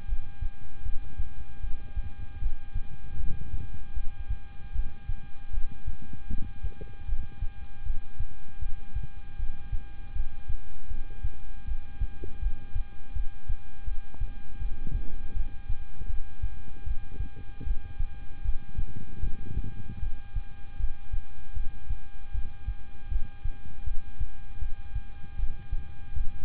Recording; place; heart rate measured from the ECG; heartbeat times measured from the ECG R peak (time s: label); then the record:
heart sounds by stethoscope; between the tricuspid and mitral areas; 78 bpm
0.06 s: heartbeat
0.83 s: heartbeat
1.60 s: heartbeat
2.39 s: heartbeat
3.17 s: heartbeat
3.94 s: heartbeat
4.72 s: heartbeat
5.51 s: heartbeat
6.27 s: heartbeat
7.06 s: heartbeat
7.83 s: heartbeat
8.59 s: heartbeat
9.36 s: heartbeat
10.13 s: heartbeat
10.88 s: heartbeat
11.65 s: heartbeat
12.39 s: heartbeat
13.13 s: heartbeat
13.84 s: heartbeat
14.59 s: heartbeat
15.33 s: heartbeat
16.07 s: heartbeat
16.84 s: heartbeat
17.64 s: heartbeat
18.42 s: heartbeat
19.20 s: heartbeat
20.00 s: heartbeat
20.77 s: heartbeat
21.53 s: heartbeat
22.31 s: heartbeat
23.09 s: heartbeat
23.84 s: heartbeat
24.59 s: heartbeat
25.36 s: heartbeat
26.14 s: heartbeat
From the record:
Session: rest, lying down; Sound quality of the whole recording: good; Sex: male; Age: 26 years